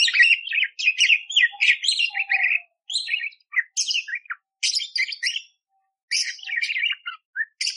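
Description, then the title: Budgerigar chattering, high scratchy and buzzy notes in fast runs broken by short silences. Masteran training recording of a budgerigar chattering clearly with harsh 'tembakan' fill, intended for training kacer (magpie-robin). "Masteran Burung Parkit Gacor Jernih Full Isian Tembakan Kasar Cocok Buat Kacer"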